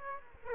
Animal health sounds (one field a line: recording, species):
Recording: mosquito wingbeat signal from an infrared sensor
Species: Aedes aegypti